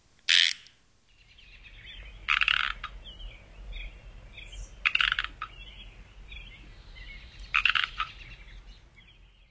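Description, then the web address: Pacific chorus frog calls: loud, buzzy croaks repeated every two to three seconds over a soft, continuous chorus of quieter frog notes. Frog of North America. "Songs of Frogs Toads of North America. Pacific Chorus Frog"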